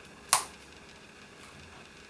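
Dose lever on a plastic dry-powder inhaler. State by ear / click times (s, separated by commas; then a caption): seated / 0.3 s. A finger pulls down the dose lever on a pre-filled plastic dry-powder inhaler with a dose counter until it clicks into position. A single sharp, bright click sounds at 0.3 s against a quiet background. The lever is seated.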